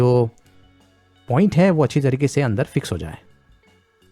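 An action camera is being pushed into the camera holder of a Xiaomi Mi Action Camera Gimbal so the mounting point fits firmly inside. Someone talks over faint, brief handling ticks near the start, and nothing has seated or clicked yet.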